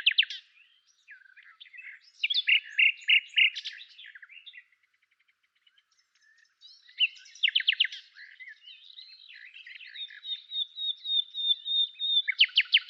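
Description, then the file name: Common nightingale song: phrases of fast repeated notes and chattering, a pause of over a second, then loud repeated strokes, a thin drawn-out whistle and a final series of loud strokes. "Luscinia megarhynchos"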